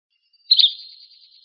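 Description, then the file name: Buff-breasted flycatcher giving one crisp, high-pitched call note followed by a drawn-out echoing tail. Recorded in Arizona on 3 August 2006. "deviche"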